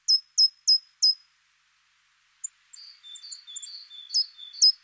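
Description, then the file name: Short-toed treecreeper calls: four quick, sharp, high notes, a gap, then a busier passage of high notes over thin, lower notes. "Grimpereau des jardins"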